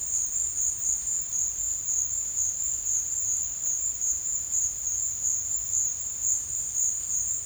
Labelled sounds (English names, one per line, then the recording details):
none
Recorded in dense forest near Puerto Asís, Putumayo, Colombia, on 8 March 2025 at 15:00
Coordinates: 0.484, -76.317
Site G064